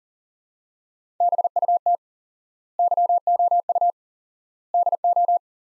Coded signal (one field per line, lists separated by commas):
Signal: Morse code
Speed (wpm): 37 wpm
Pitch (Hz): 700 Hz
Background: none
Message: BUT YOU DO